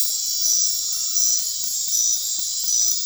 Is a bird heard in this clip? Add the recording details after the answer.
no. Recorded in dense forest near Puerto Asís, Putumayo, Colombia, on 24 March 2025 at 21:00. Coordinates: 0.503, -76.323. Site GP09